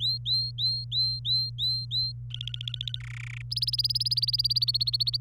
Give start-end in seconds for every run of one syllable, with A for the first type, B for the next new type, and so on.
0.00-2.12 A, 2.30-2.99 B, 3.00-3.42 C, 3.51-5.17 D